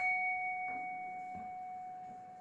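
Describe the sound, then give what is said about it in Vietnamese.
A bell struck with a mallet rings on alone, its steady mid-pitched tone with a higher overtone sustaining and slowly fading over a couple of seconds, fairly soft. “Phải là cái chuông rồi cái dùi này đánh nó mới ra.”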